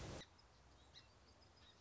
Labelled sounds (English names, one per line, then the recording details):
Song Sparrow
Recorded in Sonoma County, California